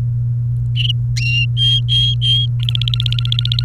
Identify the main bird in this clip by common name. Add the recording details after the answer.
Domestic Canary. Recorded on 29 April 2018 at 12:02. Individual llb3